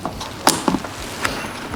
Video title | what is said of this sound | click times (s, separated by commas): BMW M2 G87: Engine Bay Carbon Transformation! | That locks into place. | 1.3 s